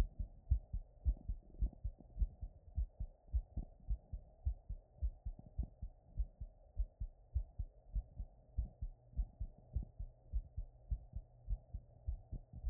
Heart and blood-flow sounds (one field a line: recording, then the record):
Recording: heart sounds by stethoscope after running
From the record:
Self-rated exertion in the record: very light exertion (1 of 6)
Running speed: 6 mph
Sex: female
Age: 28 years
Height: 155 cm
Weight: 44 kg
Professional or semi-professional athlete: no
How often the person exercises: 3 to 5 times a week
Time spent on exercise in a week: over 5 hours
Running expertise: yes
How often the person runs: 3 to 5 times a week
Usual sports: running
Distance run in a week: 45 km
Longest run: 32 km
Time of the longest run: 200 minutes